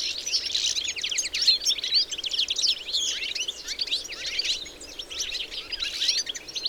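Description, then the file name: European goldfinch twittering: a dense, continuous stream of liquid chirps and short buzzy notes, rising and falling in loudness. "Carduelis carduelis"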